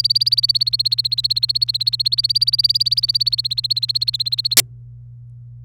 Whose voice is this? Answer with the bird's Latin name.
Serinus canaria